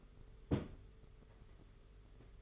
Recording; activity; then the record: daily activity, microphone in the room; place on stove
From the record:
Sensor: 4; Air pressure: 991.8 hPa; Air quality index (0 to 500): 86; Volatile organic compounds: 7 ppm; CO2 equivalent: 1962 ppm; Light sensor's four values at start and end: 21/75/27/29 and 22/75/27/29